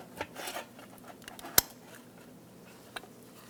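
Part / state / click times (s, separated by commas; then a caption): electrical connector into fuel pump module housing / seated / 1.6 s. A plastic electrical connector is lined up and slid down onto the fuel pump module housing of a 2003-2007 Honda Accord. After some soft rubbing and handling sounds, a sharp, loud click rings out at 1.6 s as the connector seats. A fainter tap follows near 3.0 s.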